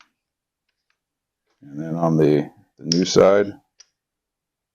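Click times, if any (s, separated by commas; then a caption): 3.8 s. Someone talks from about 1.6 to 3.6 s, then the newly added side lever of a CMMG ambidextrous safety selector on an AR-15 lower receiver is operated, an upgrade meant for a left-handed shooter. The selector clicks into its detent position at 3.8 s, a short sharp click. The lever seats into place.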